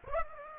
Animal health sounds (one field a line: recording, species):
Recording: mosquito wingbeat signal from an infrared sensor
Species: Aedes aegypti